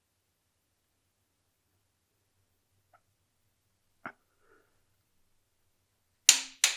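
A new 1/2-inch drive click-type torque wrench is pulled in one long, steady motion on a bolt on an engine's bottom end, likely a crankshaft main cap bolt. After a near-silent pull with a soft tap around 4.1 s, the wrench breaks over at its setting with a sharp click at 6.3 s, followed by a second sharp click at 6.6 s. The bolt is torqued.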